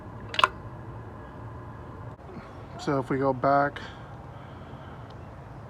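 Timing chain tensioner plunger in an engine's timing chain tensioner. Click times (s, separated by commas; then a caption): 0.3 s, 0.4 s. A 19 mm socket on the crank bolt of a 2003 Toyota Matrix XRS 2ZZGE engine, being serviced for a timing chain cover leak, turns the crank clockwise after a slight counter-clockwise turn. Sharp clicks at 0.3, 0.4 and 0.4 seconds are the timing chain tensioner plunger releasing from its latch and extending against the chain guide. Someone then talks briefly over a steady low background hum.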